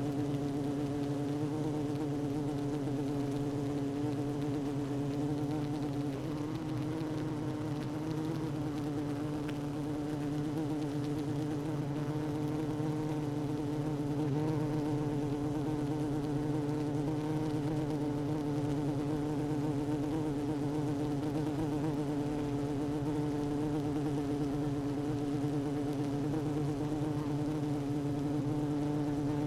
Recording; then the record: honeybee colony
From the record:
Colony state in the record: active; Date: 12 June 2018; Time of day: 16:29